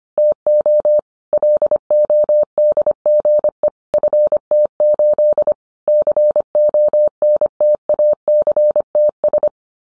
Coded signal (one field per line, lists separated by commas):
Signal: Morse code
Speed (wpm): 25 wpm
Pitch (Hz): 600 Hz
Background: none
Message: TO LODGE FT8 CONTACTS